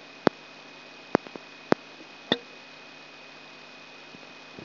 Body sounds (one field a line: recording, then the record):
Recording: brain microelectrode recording played as sound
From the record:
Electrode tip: outside the subthalamic nucleus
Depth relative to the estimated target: -6 mm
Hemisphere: left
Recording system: AlphaMap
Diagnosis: Parkinson's disease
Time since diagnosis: 6 years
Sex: female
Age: 40 years